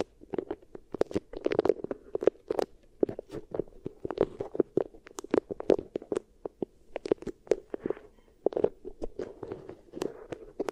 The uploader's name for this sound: Beeswax Ear Triggers